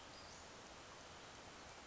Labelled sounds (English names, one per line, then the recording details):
Western Flycatcher
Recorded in Sonoma County, California